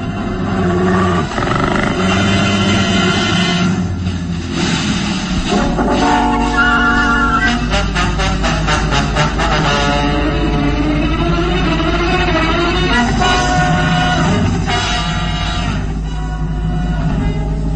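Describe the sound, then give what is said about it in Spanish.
A beast crouching among bushes growls and roars continuously, a loud, rough, throaty rumble with rising and falling snarls and sustained roaring bursts, no voices present. “El gruñido es impresionante.”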